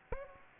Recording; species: mosquito wingbeat signal from an infrared sensor; Aedes aegypti